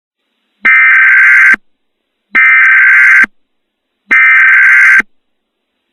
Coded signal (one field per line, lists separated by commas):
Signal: Emergency Alert System (SAME) tones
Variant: header bursts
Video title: EAS Mock: Bluff Point Volcano